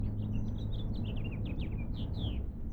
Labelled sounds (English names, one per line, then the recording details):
House Finch song
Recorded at Point Lookout on Long Island, New York, on 2 June 1975
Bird A